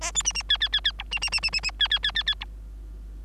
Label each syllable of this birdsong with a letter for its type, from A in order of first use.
A B C C D D D D E C C C C C C D D D D D E